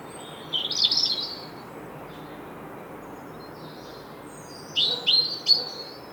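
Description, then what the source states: European robin song: a high warbled phrase, a pause of a few seconds, then a second short phrase of quick notes, over steady background hiss. Song said to sound wistful and sad in winter, with a brighter, more cheerful melody in spring.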